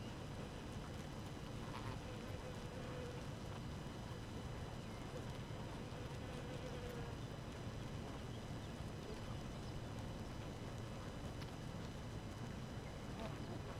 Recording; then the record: honeybee colony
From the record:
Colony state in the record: active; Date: 12 June 2018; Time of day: 4:48